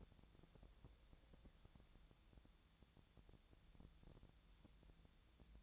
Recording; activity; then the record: daily activity, microphone in the room; wipe stove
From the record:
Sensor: 3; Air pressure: 1000.5 hPa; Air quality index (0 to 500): 178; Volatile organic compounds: 4 ppm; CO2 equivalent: 1540 ppm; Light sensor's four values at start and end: 13/30/13/13 and 13/30/13/13